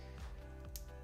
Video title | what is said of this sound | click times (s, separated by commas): Live Third Party Gunpla Build: HG/ RG Gouf Custom from ND Continued... | There we go. So it's kind of gonna almost push it out a little bit too. So, but I heard it click into place. | 0.8 s